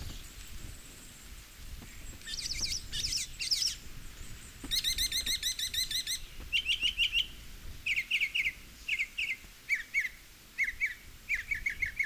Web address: sound Northern-mockingbird. صدای-پرنده-مرغ-تقلیدگر-شمالی